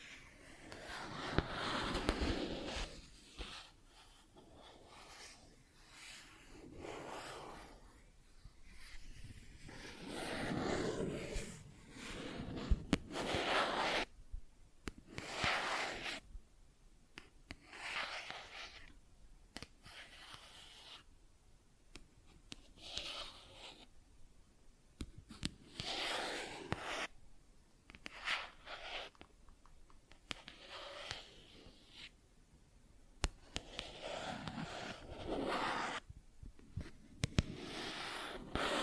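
Plastic objects are tapped and scratched in irregular bursts, with rustling scrapes lasting a second or two broken by short pauses. Sharp, bright clicks and taps punctuate the scratching throughout, growing more frequent and crisp in the second half.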